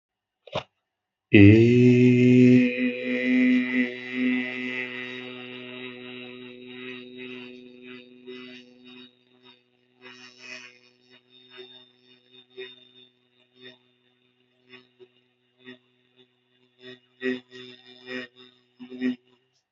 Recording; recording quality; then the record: sustained vowel as in made; excellent, no background noise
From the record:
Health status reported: healthy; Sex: male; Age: 24 years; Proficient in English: yes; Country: India